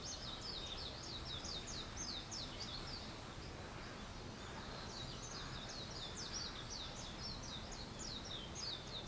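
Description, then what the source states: Bird calls as rapid high chirps in two runs with a brief lull between them, heard over steady hiss. Wild birds; 21 April 2023.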